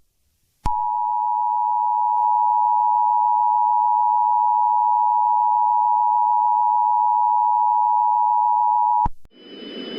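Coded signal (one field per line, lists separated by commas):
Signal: Emergency Alert System (SAME) tones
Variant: 853 and 960 Hz attention tone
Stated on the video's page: Fictional hypothetical EAS scenario about the world sinking into the oceans.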